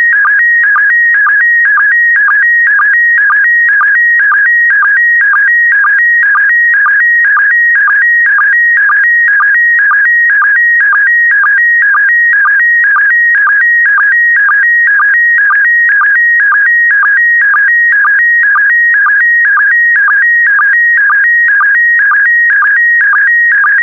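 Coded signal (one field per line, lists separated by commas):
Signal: SSTV (slow-scan television)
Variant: PD120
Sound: steady warbling tone alternating between two pitches, with a short low blip twice per second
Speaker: complete. You can now check your decoded image against the picture that is shown on the video.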